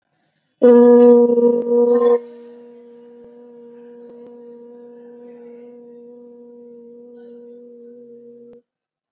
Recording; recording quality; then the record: sustained vowel as in boot; excellent, no background noise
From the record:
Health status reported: COVID-19 positive, mild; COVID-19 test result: positive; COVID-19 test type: RT-PCR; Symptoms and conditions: cough, fever, fatigue, muscle pain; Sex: female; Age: 19 years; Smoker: no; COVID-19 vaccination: both doses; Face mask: worn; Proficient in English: yes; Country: India